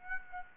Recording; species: mosquito wingbeat signal from an infrared sensor; Aedes aegypti